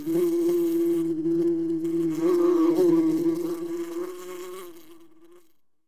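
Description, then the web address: Wasp: insect wing buzz, a droning hum that tapers off and fades out at the end. "osa odglosy"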